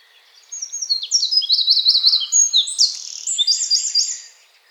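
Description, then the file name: Eurasian wren singing a loud, fast sequence of piercing high notes, with quick descending chips, a rolling trill in the middle and another short trill near the close. "Troglodytes troglodytes"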